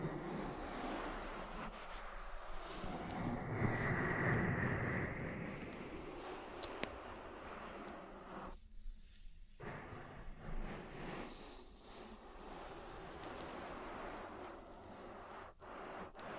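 An oil ear massage: dense, continuous rubbing and rustling with a deep rumble, loudest around four seconds where a brighter hiss rises. Near nine seconds the sound briefly thins out, then steady rubbing resumes with occasional sharp clicks and wet taps.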